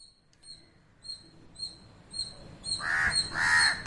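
Bird calls: soft high chirps at first, then two loud, hoarse caws near the end.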